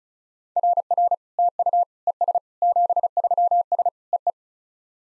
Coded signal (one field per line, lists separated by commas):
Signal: Morse code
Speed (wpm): 36 wpm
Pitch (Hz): 700 Hz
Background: none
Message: RR TU ES 73S EE